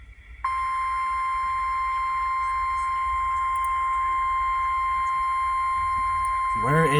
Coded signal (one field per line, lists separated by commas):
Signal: Emergency Alert System (SAME) tones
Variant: 1050 Hz attention tone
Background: speech